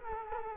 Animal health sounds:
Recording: mosquito wingbeat signal from an infrared sensor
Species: Culex quinquefasciatus

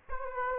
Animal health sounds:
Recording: mosquito wingbeat signal from an infrared sensor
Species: Aedes aegypti

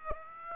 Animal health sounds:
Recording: mosquito wingbeat signal from an infrared sensor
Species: Aedes aegypti

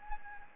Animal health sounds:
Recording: mosquito wingbeat signal from an infrared sensor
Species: Anopheles gambiae

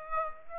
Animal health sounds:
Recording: mosquito wingbeat signal from an infrared sensor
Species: Aedes aegypti

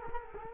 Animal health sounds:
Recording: mosquito wingbeat signal from an infrared sensor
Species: Culex quinquefasciatus

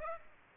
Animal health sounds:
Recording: mosquito wingbeat signal from an infrared sensor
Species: Aedes aegypti

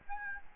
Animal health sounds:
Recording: mosquito wingbeat signal from an infrared sensor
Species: Aedes albopictus

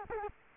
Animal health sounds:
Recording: mosquito wingbeat signal from an infrared sensor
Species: Culex quinquefasciatus

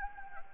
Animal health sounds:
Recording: mosquito wingbeat signal from an infrared sensor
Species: Anopheles gambiae

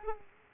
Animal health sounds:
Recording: mosquito wingbeat signal from an infrared sensor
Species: Aedes aegypti

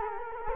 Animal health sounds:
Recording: mosquito wingbeat signal from an infrared sensor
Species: Culex quinquefasciatus

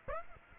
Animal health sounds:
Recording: mosquito wingbeat signal from an infrared sensor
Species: Aedes aegypti

